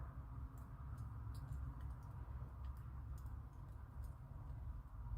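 The wire ends of a wire closure on a handmade earring are worked into line by hand, giving faint, scattered ticks and light rustling over a steady low hum. The ends do not line up well in this stretch, and nothing has clicked or closed yet.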